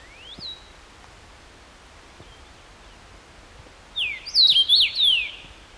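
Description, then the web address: Common rosefinch, a faint upslurred whistle early on, then a loud whistled phrase of four or five sliding notes near the end. Recorded 14 June 2012; recording marked KBGD. "June 14 2012 C erythrinus KBGD"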